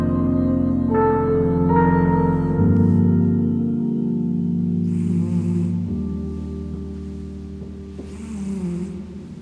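A domestic cat snoring, with a steady, regular rhythm of low-pitched breathing sounds.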